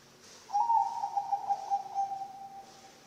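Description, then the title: Zebra dove song, one sustained mid-pitched cooing phrase with a quick pulsing flutter that fades away over about two and a half seconds. Bangkok-type zebra dove song, used as a training (masteran) recording for other birds and as a lure (pancingan). "mster Mnuk. SUARA OCEHAN BURUNG PERKUTUT BANGKOK Untuk MASTERAN dan PANCINGAN"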